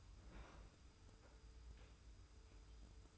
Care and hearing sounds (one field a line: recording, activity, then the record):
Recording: daily activity, microphone in the room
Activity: open fridge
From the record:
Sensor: 2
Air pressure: 990.8 hPa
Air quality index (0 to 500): 124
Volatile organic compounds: 101 ppm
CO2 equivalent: 3761 ppm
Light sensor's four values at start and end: 25/60/24/24 and 25/60/24/24